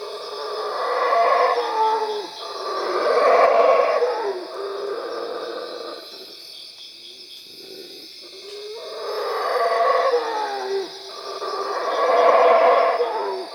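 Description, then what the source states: Howler monkey howls in two long bouts, each a grating roar pulsing in loud swells, with a quieter gap in between over a steady high background drone. Recorded at Cuevas.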